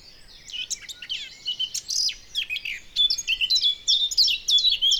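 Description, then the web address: Eurasian blackcap song, a fast, dense warble of squeaky and chirping notes. "SETE Sylvia atricapilla"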